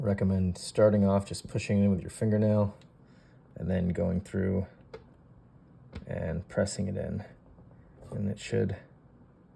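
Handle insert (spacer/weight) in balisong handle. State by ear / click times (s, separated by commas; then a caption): not seated / none. A handle insert (spacer/weight) for a Bxndxge Stitch v2 balisong with Zippy mods is pushed in with a fingernail, then pressed into the balisong handle so it is secure and won't fall out while flipping. Someone talks throughout, with faint short ticks at about 4.9 s and 6.0 s between the speech. The clip ends before the part goes home, so nothing has seated or snapped into place yet.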